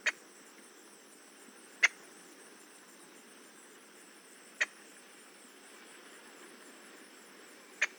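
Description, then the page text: Boat-tailed grackle giving four sharp, dry chuck notes, spaced unevenly over a steady background hiss. "Paul Marvin - Лодкохвостый гракл (Quiscalus major)"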